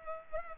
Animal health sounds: mosquito wingbeat signal from an infrared sensor; Culex pipiens

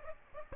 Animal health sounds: mosquito wingbeat signal from an infrared sensor; Aedes aegypti

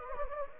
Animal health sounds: mosquito wingbeat signal from an infrared sensor; Anopheles gambiae

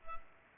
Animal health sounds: mosquito wingbeat signal from an infrared sensor; Culex pipiens

